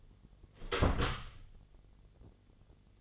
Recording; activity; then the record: daily activity, microphone in the room; close door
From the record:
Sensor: 4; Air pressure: 1016.1 hPa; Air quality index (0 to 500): 209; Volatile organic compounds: 13 ppm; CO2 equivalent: 2381 ppm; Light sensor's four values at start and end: 9/20/8/8 and 9/20/8/7